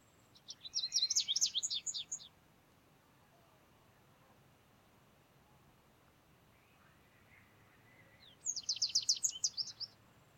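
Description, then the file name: American Goldfinch twitter: a dense burst of high, rapid chipping notes for about two seconds, a long pause, then another similar burst. "Carduelis tristis - American Goldfinch"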